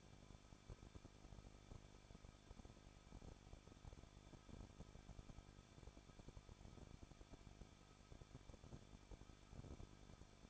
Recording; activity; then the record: daily activity, microphone in the room; no activity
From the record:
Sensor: 5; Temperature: 20.7 degrees Celsius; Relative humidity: 38.6%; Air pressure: 1006.5 hPa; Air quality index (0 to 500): 191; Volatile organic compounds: 20 ppm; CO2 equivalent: 2701 ppm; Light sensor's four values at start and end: 2/3/1/1 and 2/3/1/1